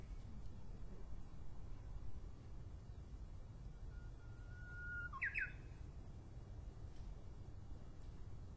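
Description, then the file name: Japanese bush warbler song, quiet: a long level whistle ending in a brief upward-flicking flourish, set against a soft low hum. Recorded in 2012. "uguisu 2012"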